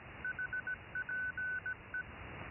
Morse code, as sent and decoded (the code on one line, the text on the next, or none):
.... .--. .
HPE